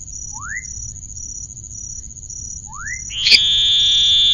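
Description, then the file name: Oval frog giving a loud, steady buzzing call that starts near the end, after two short rising chirps and over a constant high whine. "Elachistocleis ovalis"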